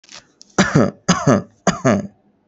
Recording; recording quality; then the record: shallow voluntary cough; excellent, no background noise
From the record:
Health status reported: respiratory illness, not identified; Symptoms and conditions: fever, hypertension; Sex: male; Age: 26 years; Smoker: not ticked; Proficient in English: yes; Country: India